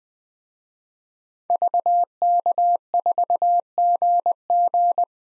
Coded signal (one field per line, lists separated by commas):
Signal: Morse code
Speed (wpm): 20 wpm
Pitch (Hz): 700 Hz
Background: none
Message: VK4GG